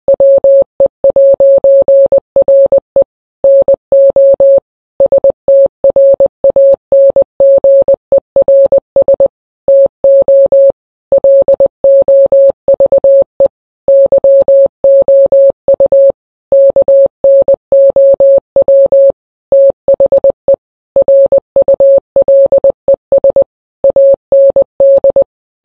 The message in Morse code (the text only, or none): WE'RE NO STRANGERS TO LOVE YOU KNOW THE RULES AND